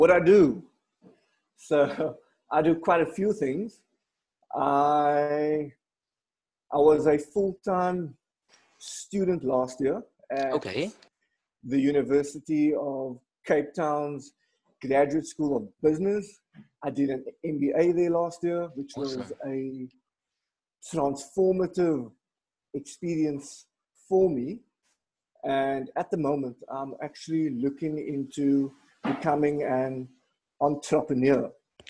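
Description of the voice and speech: Mostly fluent adult male speech with a drawn-out prolonged 'I', long pauses and stretched fillers, consistent with mild stuttering in a man who has stuttered for almost all of his life and has spent a couple of years on a program run by people who stutter; his speech is now confident, though not fully fluent.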